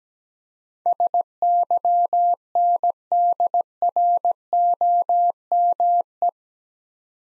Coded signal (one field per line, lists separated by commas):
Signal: Morse code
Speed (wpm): 17 wpm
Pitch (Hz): 700 Hz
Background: none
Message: SYNDROME